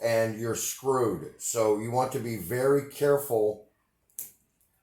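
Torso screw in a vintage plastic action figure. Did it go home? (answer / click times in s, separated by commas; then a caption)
released / 4.2 s. A miniature screwdriver turns the torso screw of a vintage plastic action figure while someone talks, then after a short pause a sharp little snap is heard at 4.2 s. The screw tip breaks free of the brittle plastic and is released.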